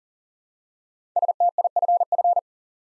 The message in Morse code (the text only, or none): STIFF